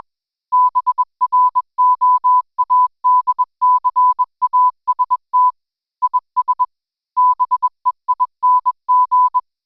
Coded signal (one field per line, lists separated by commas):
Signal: Morse code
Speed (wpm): 20 wpm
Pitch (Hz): 1000 Hz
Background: music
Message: BROADCAST IS BEING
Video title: REAST Forum Night - Contesting in all it's Forms!